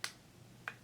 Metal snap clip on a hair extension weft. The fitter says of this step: you can just tell when you snap it like